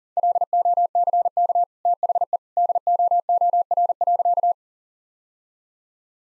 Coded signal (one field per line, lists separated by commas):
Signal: Morse code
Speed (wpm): 40 wpm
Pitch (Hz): 700 Hz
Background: none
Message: LOCK THE DOOR.